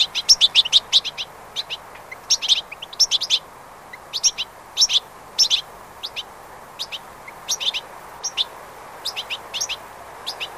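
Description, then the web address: European goldfinch song: bright, tinkling twitters and chirps in quick clusters with short pauses, continuing steadily throughout over a soft low hiss. "bbc Bird Song Site Goldfinch - Chardonneret"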